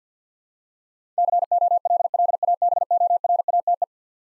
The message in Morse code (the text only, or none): COLLABORATE